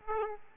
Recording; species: mosquito wingbeat signal from an infrared sensor; Aedes aegypti